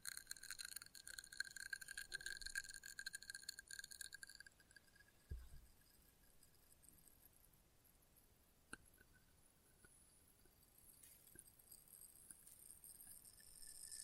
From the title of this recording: Experimental Triggers in Test Tubes